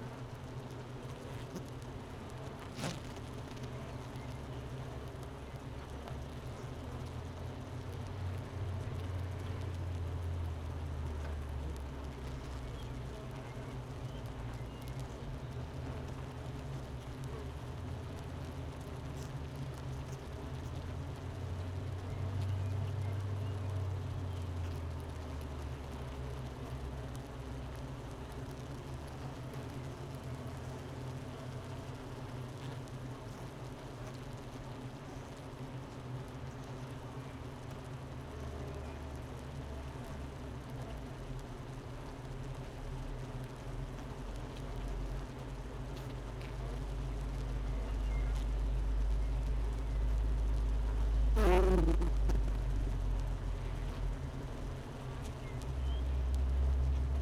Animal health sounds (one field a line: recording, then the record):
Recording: honeybee colony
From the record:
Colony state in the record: missing queen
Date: 31 May 2018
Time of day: 10:41